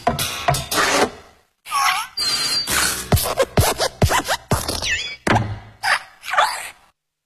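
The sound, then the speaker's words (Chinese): The Pixar animation opening logo: an animated desk lamp hops about and squashes a letter, a run of springy, bouncing thumps mixed with squeaky metallic creaks and whines, cartoon-like, with brief pauses between bursts. “还记得皮克斯动画一出来那个动静吗？”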